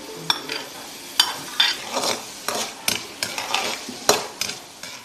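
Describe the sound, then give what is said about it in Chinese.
Diced button mushrooms, shrimp and sea cucumber, blanched first, stir-frying in hot oil, a steady crackling sizzle broken by repeated scraping strokes of a spatula against the pan, each stroke landing as a sharp burst in an uneven rhythm. “将切好的丁焯水，捞出，放入油锅中爆炒。”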